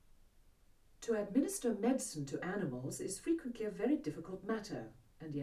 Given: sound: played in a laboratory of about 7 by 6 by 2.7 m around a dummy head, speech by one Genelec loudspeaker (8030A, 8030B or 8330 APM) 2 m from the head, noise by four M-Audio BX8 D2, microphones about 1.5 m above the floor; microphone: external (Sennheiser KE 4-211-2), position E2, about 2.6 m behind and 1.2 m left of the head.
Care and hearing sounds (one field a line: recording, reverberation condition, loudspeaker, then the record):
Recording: female speech in English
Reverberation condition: low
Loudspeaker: in front (0 degrees)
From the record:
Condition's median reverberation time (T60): about 310 ms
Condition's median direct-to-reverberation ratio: about 3.5 dB